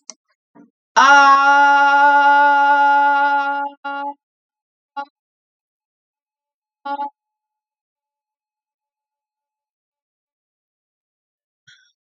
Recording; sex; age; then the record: vowel held as long as possible; female; 30 to 39 years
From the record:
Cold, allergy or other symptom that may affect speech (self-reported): no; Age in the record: 30 years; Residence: Pennsylvania, United States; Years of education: 16